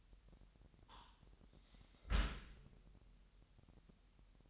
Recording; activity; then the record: daily activity, microphone in the room; close dishwasher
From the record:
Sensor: 3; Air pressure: 998.3 hPa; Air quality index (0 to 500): 150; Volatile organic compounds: 5 ppm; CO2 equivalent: 1798 ppm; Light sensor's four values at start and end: 13/39/15/14 and 13/39/15/14